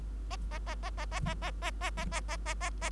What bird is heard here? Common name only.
Bengalese Finch